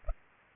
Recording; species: mosquito wingbeat signal from an infrared sensor; Culex pipiens